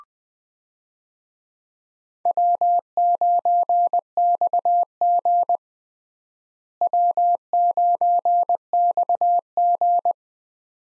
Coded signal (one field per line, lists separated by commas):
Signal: Morse code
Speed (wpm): 20 wpm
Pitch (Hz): 700 Hz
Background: none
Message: W9XG W9XG